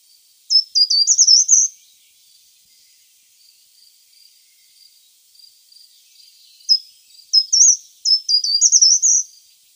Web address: Schulze Peter Short-toed Treecreeper song